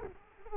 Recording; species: mosquito wingbeat signal from an infrared sensor; Culex quinquefasciatus